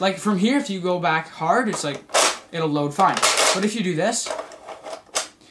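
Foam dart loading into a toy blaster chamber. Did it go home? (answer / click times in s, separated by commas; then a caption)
partly / 5.2 s. Someone talks while the slide of a NERF Deploy CS-6 toy foam-dart blaster is worked without going back hard, to show a loading problem. A sharp click sounds at 5.2 s, followed by a faint trailing rattle. The foam dart only partly seats, having trouble clicking fully into place in the chamber at the very end of priming.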